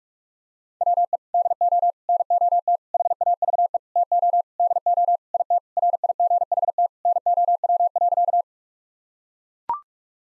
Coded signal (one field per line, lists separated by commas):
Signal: Morse code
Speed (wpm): 41 wpm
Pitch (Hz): 700 Hz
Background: none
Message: WE DO NOT HAVE TO DO IT RIGHT NOW.